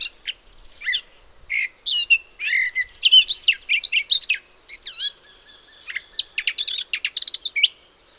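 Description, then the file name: Eurasian blackcap giving scattered scratchy notes that build into a rambling warble of rising and falling whistles, pausing briefly, then a final burst of rapid chatter. "Sylvia atricapilla"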